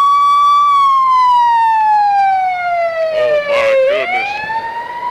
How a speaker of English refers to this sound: Now, hold on, we got a little ambulance passing through here.